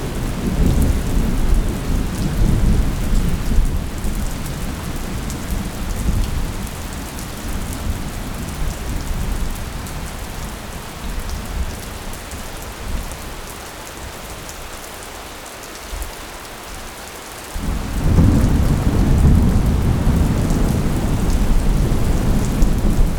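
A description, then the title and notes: Steady, dense rain falls throughout a thunderstorm, with a deep rumbling low end that swells at the start, fades through the middle, and returns abruptly around eighteen seconds. The hiss of rain stays constant while the distant thunder rolls heavily underneath. Thunderstorm Ambience.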